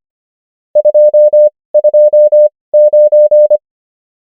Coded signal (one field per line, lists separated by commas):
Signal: Morse code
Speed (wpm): 25 wpm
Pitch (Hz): 600 Hz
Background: none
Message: 2 2 9